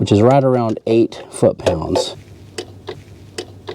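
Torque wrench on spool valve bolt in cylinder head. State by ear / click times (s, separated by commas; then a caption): torque reached / 2.6 s, 3.4 s. A micrometer torque wrench set to 104 in-lb tightens the VTEC spool valve bolts on the cylinder head of a 2003–2007 Honda Accord. Someone talks, then the wrench gives sharp clicks at 2.6 s and 3.4 s, reaching the set torque, with quieter ticks at about 2.9 s and 3.7 s.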